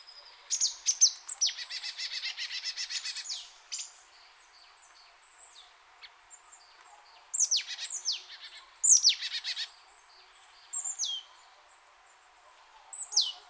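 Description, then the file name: Marsh tit calling: an early string of quick buzzy notes, then several high, steeply falling whistled notes in scattered clusters. "Poecile palustris"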